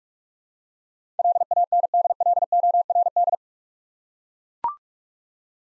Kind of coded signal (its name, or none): Morse code